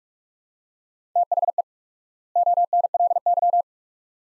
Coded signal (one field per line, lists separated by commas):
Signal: Morse code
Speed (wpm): 46 wpm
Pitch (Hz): 700 Hz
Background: none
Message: THE ONLY